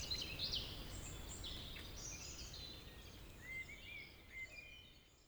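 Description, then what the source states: Birds singing, a few chirps and whistled phrases, then a thin drawn-out whistle as the sound fades toward the end. Evening village birds around 8 pm in Tregastel bourg, Pleumeur-Bodou, France; humid weather; April 2019; recorded with an MKH 8040 ORTF pair, Rycote, Zoom H5.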